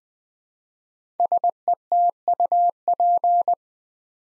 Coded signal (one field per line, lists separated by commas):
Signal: Morse code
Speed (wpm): 20 wpm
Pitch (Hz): 700 Hz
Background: none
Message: SETUP